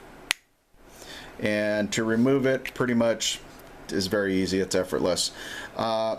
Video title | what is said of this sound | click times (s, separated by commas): PUGIO INTRO - Hyon USA - Sold at Vapor Source | now this cap then pops right into place | 0.3 s